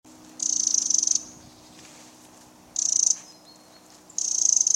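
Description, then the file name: Eurasian wren rattling call: high, rapid buzzy bursts under a second long, three bursts spaced irregularly, over a faint steady low hum. "Troglodytes troglodytes"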